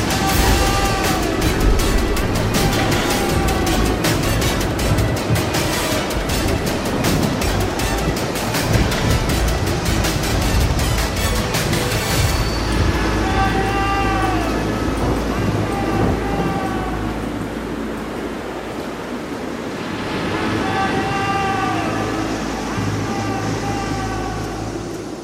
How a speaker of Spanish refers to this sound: El sonido del mar y las aves dan el indicio del comienzo de nuestra historia.